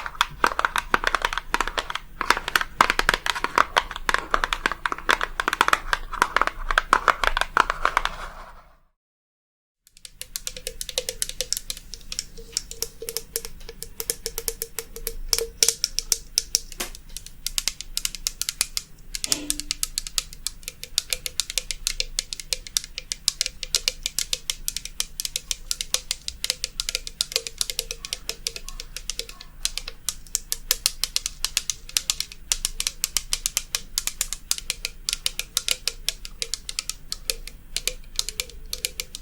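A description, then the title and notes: Quick, dense tapping runs almost the whole time, crisp and bright, like fingertips or nails rattling on a hard surface. It stops completely for about a second near the nine-second mark, then resumes just as fast, with a faint steady hum underneath. ASMR Relaxing Tapping for the BEST Sleep & Tingles long nails + no talking.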